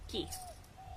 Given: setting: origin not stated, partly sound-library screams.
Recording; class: one-second piece from a danger detection set; normal situation